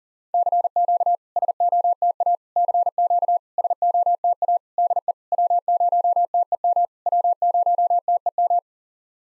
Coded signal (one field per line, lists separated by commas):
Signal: Morse code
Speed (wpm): 40 wpm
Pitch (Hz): 700 Hz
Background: none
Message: CQ SOTA CQ SOTA DE W0TEM W0TEM